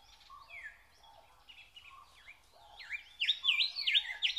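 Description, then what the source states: Nightingale song: scattered soft chirps build into a fast series of loud looping whistles repeated several times a second, with a background bird chorus. Song recorded in spring.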